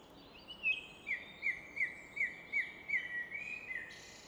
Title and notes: Fläsch, Schweiz - Abendstimmung Nachtigall. Im Hintergrund wird das Rauschen des Rheins von einer Felswand reflektiert